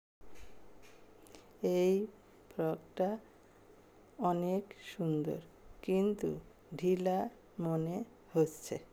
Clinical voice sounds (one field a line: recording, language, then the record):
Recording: elicited speech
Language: Bengali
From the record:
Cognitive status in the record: dementia